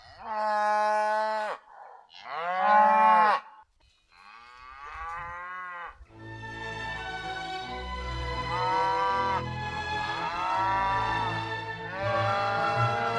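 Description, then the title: Cows lowing in a series of long, harmonic moos, some higher and some deeper, with calls overlapping and answering each other in the later part. Brown Sussex cows, a family calling to another family of cows in the next field. "Cows On BBC Radio 3"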